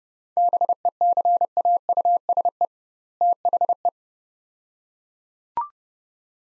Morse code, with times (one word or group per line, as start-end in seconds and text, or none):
0.4-2.7 BECAUSE
3.2-3.9 THE